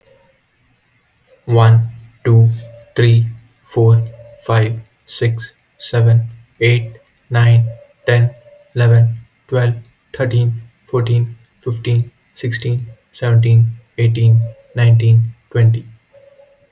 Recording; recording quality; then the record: counting at a normal pace; excellent, no background noise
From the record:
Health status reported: healthy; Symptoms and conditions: none ticked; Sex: male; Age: 24 years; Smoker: not ticked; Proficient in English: yes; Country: India